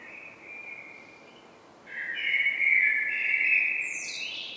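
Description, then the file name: Common blackbird, a quiet whistle, then a full rich warbling phrase ending in a high, rising squeaky twitter. "Turdus merula"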